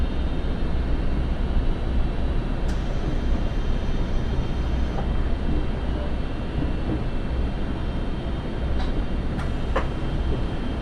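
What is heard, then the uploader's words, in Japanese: A train rolls along steadily with a dense low rumble, faint clicks and squeaks near three seconds and again around nine to ten seconds. 耳で楽しむ鉄道旅 徳島線 藍よしのがわトロッコ 貞光→学。トロッコ車両に乗っていましたが、意外に風が冷たく感じるので普通車のほうに避難してきました。こちらのほうが静かでしたので、半分寝ながら移動していました。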